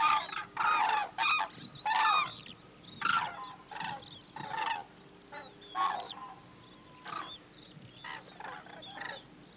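Hooded crane calls, a chorus of rough honks and trumpeting notes, loud at first then softer, irregularly spaced over a steady low background hum.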